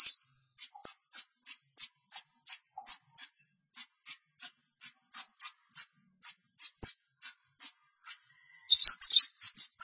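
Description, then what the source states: Long-tailed shrike song: long run of high, clipped chirps in quick doublets and triplets, ending in a busy, scratchy chattering warble. Recorded March 2017; bird called pentet locally.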